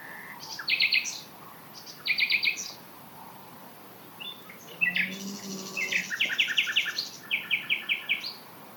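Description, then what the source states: Common Nightingale song: short rattling bursts, then a denser stretch of mixed trills and repeated notes, with a low steady hum partway through. Two males singing about 150 metres away in scrubland at Knepp; the right bird copies the left's phrases for a few bars, then each sings its own jazz-style song.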